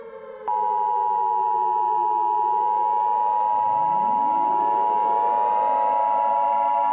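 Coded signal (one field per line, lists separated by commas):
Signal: Emergency Alert System (SAME) tones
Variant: 853 and 960 Hz attention tone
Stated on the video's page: EAS scenario, a fictional nuclear supervolcano alert.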